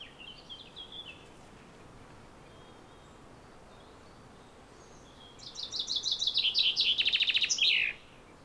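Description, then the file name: Common chaffinch: a few faint notes at the start, a quiet pause, then a full song ending in a loud trill and flourish. "Fringilla coelebs"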